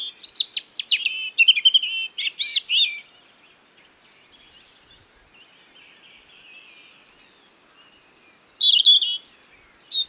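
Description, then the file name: European robin singing two jumbled, tinkling warbled phrases of fast high notes and trills, separated by a pause of several seconds with faint background hiss. "Erithacus rubecula"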